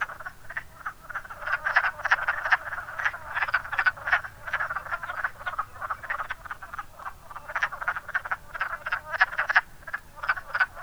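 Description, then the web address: Wood frogs calling together, quick raspy clucks in steady overlapping runs. "zoology woodfrog"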